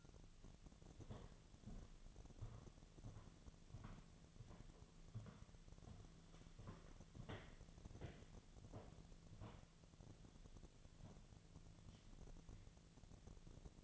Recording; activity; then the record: daily activity, microphone in the room; walk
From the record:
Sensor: 4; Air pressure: 1009.1 hPa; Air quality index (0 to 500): 168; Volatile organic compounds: 4 ppm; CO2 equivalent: 1694 ppm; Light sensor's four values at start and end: 24/76/29/28 and 24/75/29/28